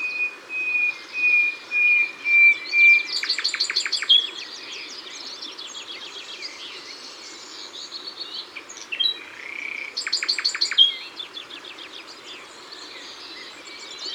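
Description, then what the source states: Common nightingale song: a run of pure whistled notes that swell in loudness, then rapid clicking rattles and trills, a pause, and another fast rattling phrase. Ardèche.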